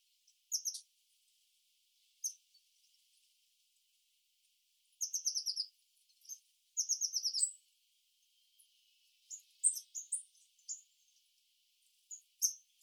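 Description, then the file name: Eurasian blue tit calls: high chips, then two rapid, buzzy churring trills in close succession, ending with a flurry of thin, high, downslurred notes. "Cyanistes caeruleus"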